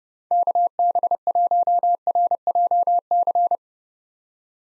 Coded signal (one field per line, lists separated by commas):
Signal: Morse code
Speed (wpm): 31 wpm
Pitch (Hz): 700 Hz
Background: none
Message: KB1RJC